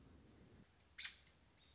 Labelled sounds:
American Robin (Turdus migratorius)
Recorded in Sonoma County, California

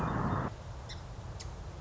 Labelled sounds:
Song Sparrow (Melospiza melodia)
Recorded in Sonoma County, California

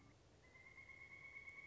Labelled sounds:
Pileated Woodpecker (Dryocopus pileatus)
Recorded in Sonoma County, California

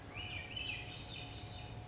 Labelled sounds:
Swainson's Thrush (Catharus ustulatus)
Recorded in Sonoma County, California

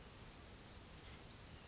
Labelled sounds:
Brown Creeper (Certhia americana)
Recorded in Sonoma County, California

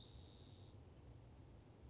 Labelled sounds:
Spotted Towhee (Pipilo maculatus)
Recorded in Sonoma County, California

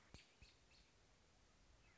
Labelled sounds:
American Robin (Turdus migratorius)
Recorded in Sonoma County, California

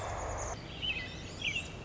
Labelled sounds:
American Robin (Turdus migratorius)
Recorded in Sonoma County, California

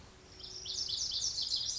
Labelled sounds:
Lazuli Bunting (Passerina amoena)
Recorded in Sonoma County, California

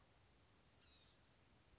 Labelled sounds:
Blue-gray Gnatcatcher (Polioptila caerulea)
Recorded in Sonoma County, California

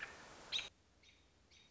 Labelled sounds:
American Robin (Turdus migratorius)
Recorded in Sonoma County, California

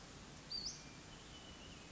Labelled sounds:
Western Flycatcher (Empidonax difficilis)
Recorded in Sonoma County, California

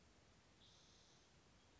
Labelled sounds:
Spotted Towhee (Pipilo maculatus)
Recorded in Sonoma County, California

